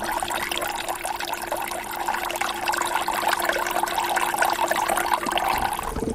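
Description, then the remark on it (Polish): Water trickles steadily from a ceramic sculpture fountain about climate change, a continuous bright splashing and dribbling with a faint steady hum underneath and no one speaking. “Opowiedz, czym jest ta fontanna, co ona generalnie nam symbolizuje i co na niej zobaczymy?”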